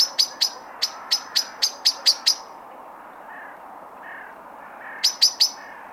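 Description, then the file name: Common blackbird giving sharp, high clicking call notes in a fast series of about ten, a pause with a few soft lower notes, then three more clicks. "Turdus merula"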